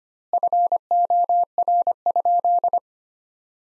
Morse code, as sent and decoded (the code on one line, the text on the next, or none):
..-. --- .-. ..--..
FOR?